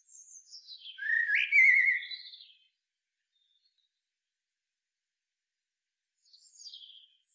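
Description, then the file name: Eurasian blackbird song: thin high notes leading into a rich fluted warbling phrase with high twitter, then silence and a faint, thin high squeak. "Turdus merula"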